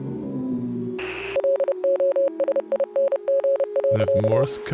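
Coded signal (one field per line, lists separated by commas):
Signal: Morse code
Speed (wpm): 30 wpm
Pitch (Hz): 550 Hz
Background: speech, radio noise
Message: LOSING.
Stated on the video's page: Morse heard in the game Oxenfree, streamed live.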